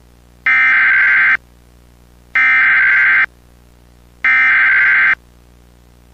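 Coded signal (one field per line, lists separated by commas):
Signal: Emergency Alert System (SAME) tones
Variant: header bursts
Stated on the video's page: Recreation mock of a Flash Flood Emergency, a simulated alert, not real.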